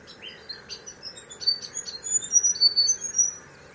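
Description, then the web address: Bird calls: a quick, irregular run of high, thin chirps and short whistled notes, growing louder midway, over steady faint background noise. Recorded in mangroves. "Sound Effects-Foundation 1 BIRD UNKNOWN MAGROVES CALL"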